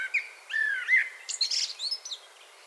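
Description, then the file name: Common blackbird song: mellow fluted notes, then a brief burst of high, squeaky twittering to close the phrase. "Turdus merula 181122"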